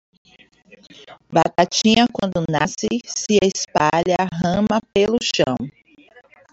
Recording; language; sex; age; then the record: short text; Brazilian Portuguese; female; 40 to 49 years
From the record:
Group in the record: control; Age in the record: 42 years